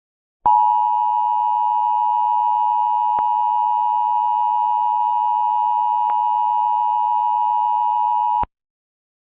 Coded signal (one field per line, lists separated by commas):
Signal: Emergency Alert System (SAME) tones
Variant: 853 and 960 Hz attention tone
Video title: EAS Mock: Baby shark e.x.e returns